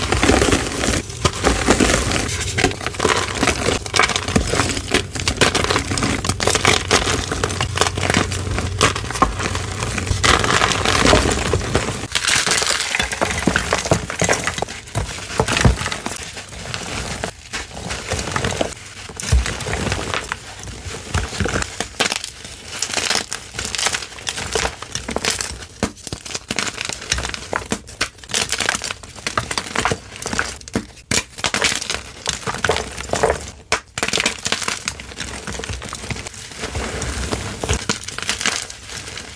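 Soft gym chalk is crushed, a dense crumbly crackle that runs without pause. For the first twelve seconds a low hum sits underneath; afterward the crunches come as quicker, separate squeezes with brief gaps between them.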